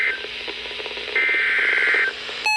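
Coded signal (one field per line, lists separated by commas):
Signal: Emergency Alert System (SAME) tones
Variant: header bursts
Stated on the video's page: EAS alerts for two flood warnings.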